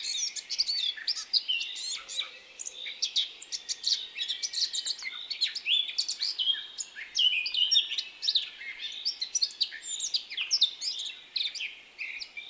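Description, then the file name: Eurasian blackcap song, long continuous stream of scratchy twitters and pure whistled notes, fairly even in pace throughout. "Sylvia atricapilla"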